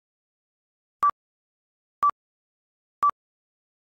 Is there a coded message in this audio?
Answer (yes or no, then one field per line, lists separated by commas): no